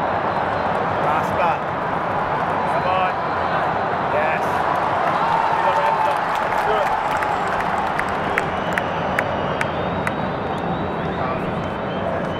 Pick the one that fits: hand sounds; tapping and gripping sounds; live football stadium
live football stadium